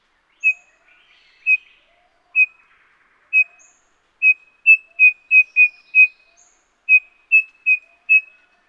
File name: Heteromyias Cinereifrons